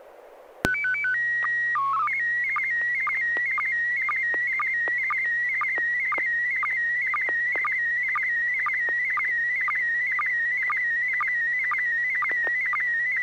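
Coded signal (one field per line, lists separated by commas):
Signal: SSTV (slow-scan television)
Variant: PD 120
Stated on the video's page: Morse ident heard on an FM repeater on 441.300 MHz in Sacramento during a weekly SSTV net, using MMSSTV software.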